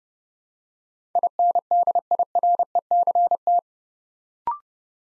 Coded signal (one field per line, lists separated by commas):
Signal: Morse code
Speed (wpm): 30 wpm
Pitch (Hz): 700 Hz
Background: none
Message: INDIRECT